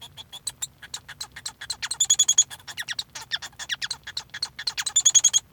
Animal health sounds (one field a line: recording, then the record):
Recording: song of a male Bengalese finch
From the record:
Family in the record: son of father 1